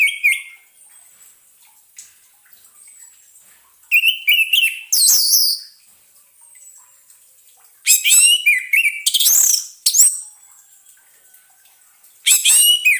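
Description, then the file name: Orange-headed thrush song in short, loud bursts of high, varied whistled and chirping notes, separated by quiet pauses of a few seconds. Sound therapy recording meant for an orange-headed thrush that has stopped singing. "terapi suara anis merah macet bunyi"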